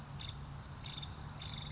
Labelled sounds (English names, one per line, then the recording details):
Nuttall's Woodpecker
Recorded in Sonoma County, California